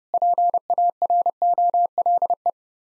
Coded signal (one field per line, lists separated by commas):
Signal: Morse code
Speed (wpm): 30 wpm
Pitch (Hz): 700 Hz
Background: none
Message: PAROLE